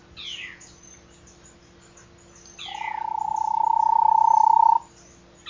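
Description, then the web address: Bahia tapaculo giving a long, even, fast-pulsed trill that rises slightly in pitch and grows louder over about two seconds, with faint higher chirps before it. "Bahia tapaculo. صدای-پرنده-تپلک-باهیا"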